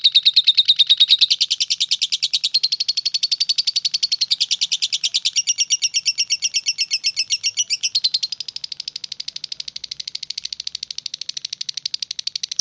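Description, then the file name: Lovebird song as a continuous high-pitched chattering trill, the note quality shifting from ringing to denser, hissier buzzing partway through, without pause. "audio lovebird star melinda omkicau"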